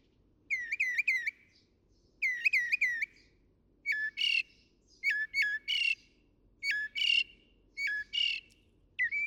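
Northern mockingbird song: groups of three chirps, then clear notes alternating with harsh buzzy bursts.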